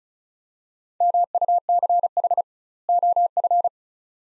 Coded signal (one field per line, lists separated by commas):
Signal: Morse code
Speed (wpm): 36 wpm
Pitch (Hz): 700 Hz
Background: none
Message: MUCH OF